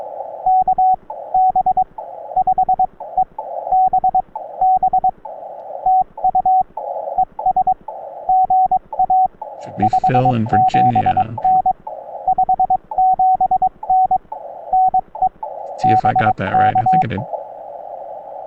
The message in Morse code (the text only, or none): KB5EBB TU ES GA 57N 57N NE BK